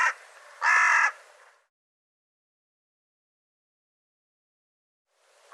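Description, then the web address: Bird calling with a single harsh, raspy caw after a fainter note, followed by a long silence and the start of another caw at the end. "cianscape birddata"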